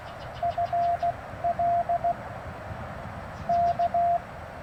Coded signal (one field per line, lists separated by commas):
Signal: Morse code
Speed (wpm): 16 wpm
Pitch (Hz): 690 Hz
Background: none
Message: FL K